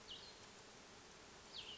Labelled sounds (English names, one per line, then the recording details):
Cassin's Vireo
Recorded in Sonoma County, California